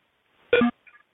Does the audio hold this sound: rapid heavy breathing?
no